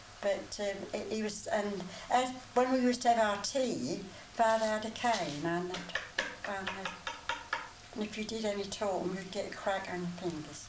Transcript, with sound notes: But erm, he was, when we used to have our tea, father had a cane. [knocks with cane] And if you did any talking you'd get a crack on the fingers.